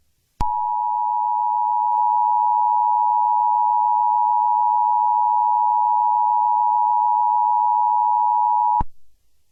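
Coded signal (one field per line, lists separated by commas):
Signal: Emergency Alert System (SAME) tones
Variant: 853 and 960 Hz attention tone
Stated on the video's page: Fictional EAS scenario.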